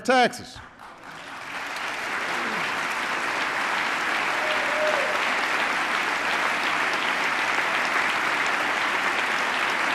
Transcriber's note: applause